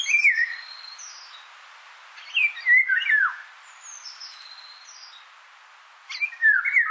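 Indian golden oriole repeating short phrases of liquid downslurred whistles and high thin notes, three bursts separated by quiet gaps.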